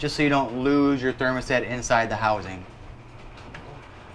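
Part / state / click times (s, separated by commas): thermostat into refrigerator control housing / seated / 3.6 s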